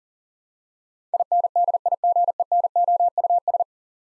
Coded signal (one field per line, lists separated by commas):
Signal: Morse code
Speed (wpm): 40 wpm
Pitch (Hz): 700 Hz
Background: none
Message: INDIGENOUS